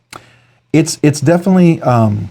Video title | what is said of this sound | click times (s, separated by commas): Review/impressions of the SPK Shark fixed blade knife… oh, I like this EDC blade! | locks in it's solid in solid out you get a solid click you're feeling like you're not disengaging it's not moving around you don't feel like you're going to lose | 0.1 s